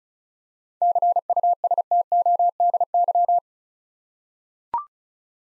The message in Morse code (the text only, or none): CUSTODY